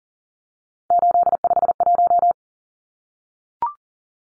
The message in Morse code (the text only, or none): 851